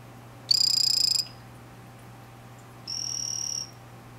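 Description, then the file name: Vanzolini's poison frog producing two high, rasping buzz calls about two seconds apart, the second slightly softer, against a quiet background with a steady low hum. "Ranitomeya Vanzolinii calling"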